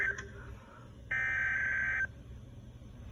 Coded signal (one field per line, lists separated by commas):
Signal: Emergency Alert System (SAME) tones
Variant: header bursts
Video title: 1 marine warning on 5/3/21 (EAS#171)